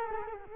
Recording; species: mosquito wingbeat signal from an infrared sensor; Culex quinquefasciatus